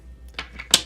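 A magnet insert is popped out of the back of a Rokform Fuzion Pro phone case for an iPhone X, to swap it for the twist-lock insert. Faint ticks at about 0.4 s and 0.6 s lead to a sharp, bright pop at 0.7 s as the insert releases from the case.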